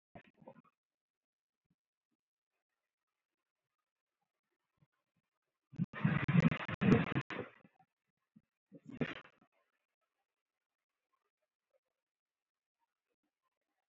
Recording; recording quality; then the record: counting at a normal pace; excellent, no background noise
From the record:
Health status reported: healthy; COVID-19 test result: not tested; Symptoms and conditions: none ticked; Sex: male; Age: 31 years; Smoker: not ticked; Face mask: worn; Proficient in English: yes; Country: India